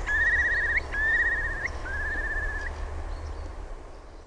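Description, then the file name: Eurasian curlew bubbling call: three quavering whistled phrases, each warbling steadily and rising at the end, over low rumbling background noise. "ISOKUOVI"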